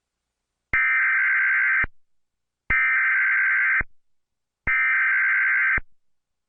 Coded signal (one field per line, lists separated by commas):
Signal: Emergency Alert System (SAME) tones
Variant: header bursts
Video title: (FAKE) New York City Severe Thunderstorm EAS (custom made)